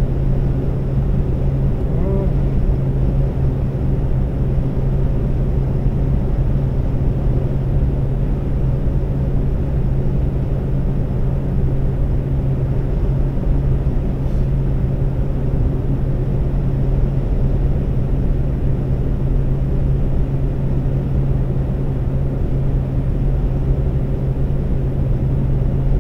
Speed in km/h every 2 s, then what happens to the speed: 134, 134, 134, 134, 134, 134, 134, 134, 134, 134, 134, 134, 134.
0-26 steady at about 134.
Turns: none.